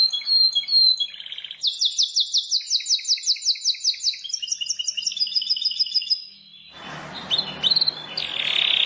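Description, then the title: Plain prinia song: a fast, even series of sharp high notes forming a rattling trill, then steady whistled notes, ending in a burst of harsh hissing noise. "Ciblek Sawah"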